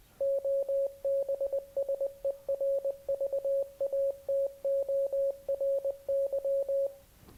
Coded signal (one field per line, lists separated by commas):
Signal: Morse code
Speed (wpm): 20 wpm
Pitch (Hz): 550 Hz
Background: none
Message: OBSERVATORY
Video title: Ham Radio 101 | Kopernik FNL